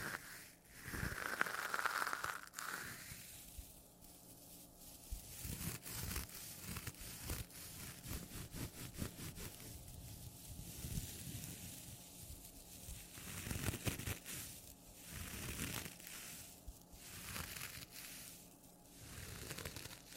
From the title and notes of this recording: ASMR Sponge Scratching & Rubbing (NO TALKING).